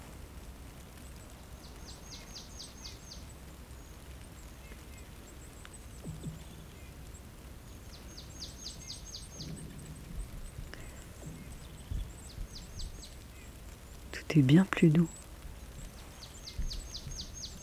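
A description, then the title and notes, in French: Ice creaking and cracking under the cold, with strange sliding tones. Over a steady low rumble, brief rapid ticking bursts recur every few seconds, and around fourteen seconds two loud swooping, wavering calls rise and fall before quieter pops and bubbles return. Lac Gelé. Glisser à travers les étendues gelées, dans la douceur des sons givrés, là où même la glace se plie à la morsure du froid et se fend des chants les plus étranges, au rythme des bulles qui s'échappent. Silences poudreux et cristaux en apesanteur, dans l'épaisseur vibrante d'un moment au bord d'un lac dans le Jura.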